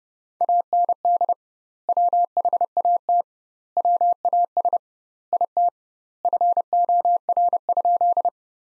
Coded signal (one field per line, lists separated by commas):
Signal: Morse code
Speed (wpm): 31 wpm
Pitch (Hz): 700 Hz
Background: none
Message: AND WHAT WAS IT FOR?